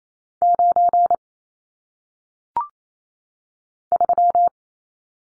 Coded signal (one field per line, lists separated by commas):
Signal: Morse code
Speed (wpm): 28 wpm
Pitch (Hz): 700 Hz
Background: none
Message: 9 3